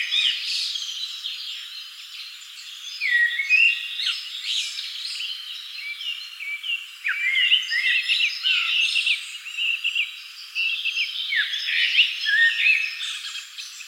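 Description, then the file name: Common blackbird calls: whistled phrases and downward-sliding notes stand out repeatedly within a dense, continuous chorus of other birds. "Turdus merula"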